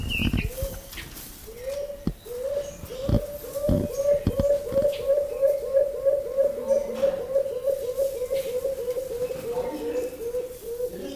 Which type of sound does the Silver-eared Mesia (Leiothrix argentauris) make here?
call